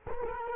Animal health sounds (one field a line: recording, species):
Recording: mosquito wingbeat signal from an infrared sensor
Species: Culex quinquefasciatus